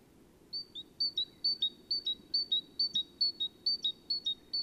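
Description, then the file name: Great tit repeating a crisp high two-note whistle, higher note then lower, a little over two phrases per second, evenly paced throughout. "Parus major"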